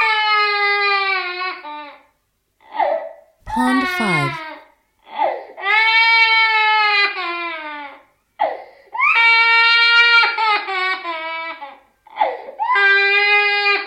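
Loud, sustained wailing cries with gasping inhalations between bouts from a distressed 14-month-old boy.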